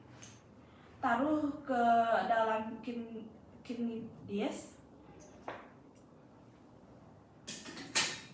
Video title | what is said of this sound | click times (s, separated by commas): BSS 2 | dengan telapak tangan sampai terdengar bunyi klik. | 0.2 s